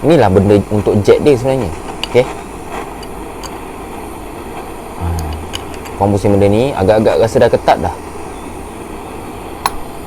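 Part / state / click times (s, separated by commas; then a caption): jet in a motorcycle carburetor / released / 9.7 s. A metal jet in a motorcycle carburetor, a Kawasaki RR, is turned with a tool until it feels tight while someone talks. It breaks free with a sharp crack at 9.7 s, meaning the jet is released and can now be unscrewed.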